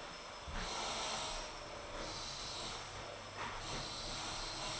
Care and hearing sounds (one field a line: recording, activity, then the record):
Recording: daily activity, microphone in the room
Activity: vacuum cleaning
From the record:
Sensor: 5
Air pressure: 995.4 hPa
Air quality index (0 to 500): 81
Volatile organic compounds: 3 ppm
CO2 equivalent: 1495 ppm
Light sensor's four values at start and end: 35/86/34/35 and 35/85/34/35